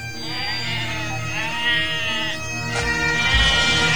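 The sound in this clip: Otter calling, high whining squeals that arch up and down in pitch, repeated a few times over a steady noisy rumble.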